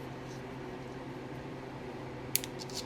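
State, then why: Seated. The longer of two plastic wiring-harness connectors is pushed into its socket on a TR6 engine during a carburettor-to-fuel-injection conversion using a Patton Machine kit. Over a steady low hum, a sharp snap sounds at 2.4 s, followed within a split second by a smaller second tick, also at about 2.4 s. The connector clicks in and is seated.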